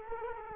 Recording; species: mosquito wingbeat signal from an infrared sensor; Culex quinquefasciatus